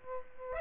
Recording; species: mosquito wingbeat signal from an infrared sensor; Aedes aegypti